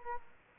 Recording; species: mosquito wingbeat signal from an infrared sensor; Aedes aegypti